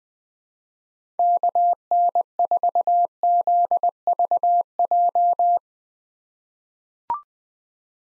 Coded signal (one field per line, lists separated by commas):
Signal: Morse code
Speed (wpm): 21 wpm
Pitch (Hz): 700 Hz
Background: none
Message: KN4ZVJ